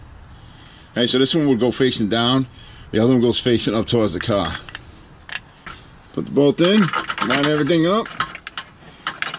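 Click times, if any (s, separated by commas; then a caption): none. A steel subframe bolt on a Chrysler Concorde is turned with a ratchet through a new subframe bushing and metal plates into the captive nut in the car body, while someone talks. Sharp metallic ratchet clicks come at about 5.4 and 5.7 seconds, then a rapid cluster from about 8.3 to 9.3 seconds as the bolt binds. The bolt has cross-threaded instead of starting cleanly, and nothing has seated yet.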